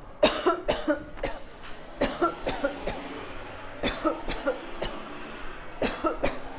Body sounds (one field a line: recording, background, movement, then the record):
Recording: voluntary coughing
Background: traffic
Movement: walking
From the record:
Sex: female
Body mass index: 22.6 kg/m2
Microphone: on the chest, facing outward